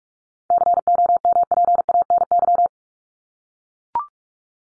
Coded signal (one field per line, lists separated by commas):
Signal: Morse code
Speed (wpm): 44 wpm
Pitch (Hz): 700 Hz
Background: none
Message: COMPANY